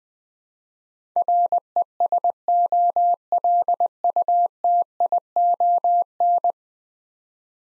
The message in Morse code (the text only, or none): RESOLUTION